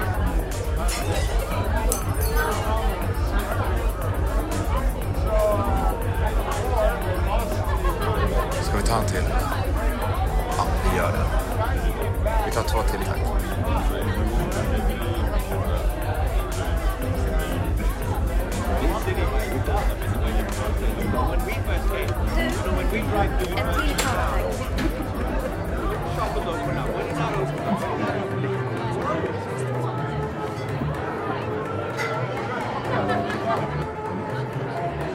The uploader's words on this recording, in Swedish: Baren. En timme sorlande barljud.